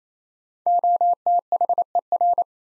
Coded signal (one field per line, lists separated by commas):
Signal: Morse code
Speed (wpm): 28 wpm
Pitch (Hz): 700 Hz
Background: none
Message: OTHER